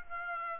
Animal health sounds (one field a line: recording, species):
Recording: mosquito wingbeat signal from an infrared sensor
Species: Aedes aegypti